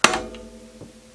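A lever on a Blum 170-degree cabinet door hinge is pressed, and the hinge unclips from its mounting bracket on the base cabinet. A sharp release click at 0.0 s leaves a faint ringing tone, followed by a softer tick at about 0.35 s and a low bump near 0.8 s. The door hinge is released from the bracket.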